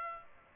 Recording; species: mosquito wingbeat signal from an infrared sensor; Aedes aegypti